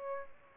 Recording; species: mosquito wingbeat signal from an infrared sensor; Aedes aegypti